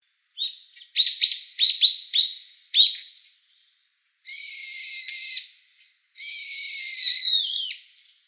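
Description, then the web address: Brown-eared bulbul calls: a run of shrill, harsh notes in quick bursts, then two longer, strained screeching phrases, all high-pitched with silent gaps between. Recorded 3 December 2016. "birdenaga hiyodori"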